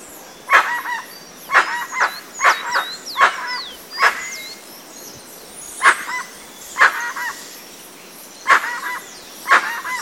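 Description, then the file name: Dusky-legged guan uttering nasal, honk-like calls in irregular pairs and singles, with thin whistled notes from other birds in the background. Recorded in Itatiaia National Park, Rio de Janeiro state, Brazil. "Penelope-obscura-PNItatiaia RJ-BR-8-1-14-ASilveira"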